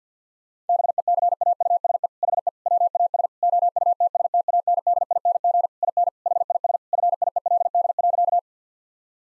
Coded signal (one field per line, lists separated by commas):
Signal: Morse code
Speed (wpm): 50 wpm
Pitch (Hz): 700 Hz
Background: none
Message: BECAUSE HE WAS OUTSTANDING IN HIS FIELD.